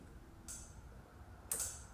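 A fuel line quick connector is pushed onto the fuel filter of a Volkswagen/Audi 2.0T, with a softer snap near 0.5 s before a sharp, bright click at 1.5 s. The connector clicks on and is seated on the filter.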